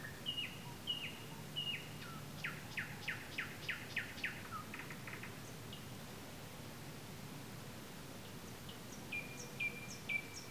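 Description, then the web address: Nightingale singing varied phrases: short whistles, then a loud run of sharp repeated notes, later scattered high chips and falling whistles above a low background hum. Recorded on 15 May 2022. "slowik-spiew-slowika-15052022"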